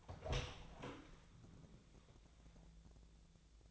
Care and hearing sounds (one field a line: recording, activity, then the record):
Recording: daily activity, microphone in the room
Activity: open door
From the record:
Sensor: 3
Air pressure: 1000.5 hPa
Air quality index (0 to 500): 181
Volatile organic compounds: 4 ppm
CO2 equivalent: 1572 ppm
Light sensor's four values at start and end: 12/29/12/13 and 12/29/12/13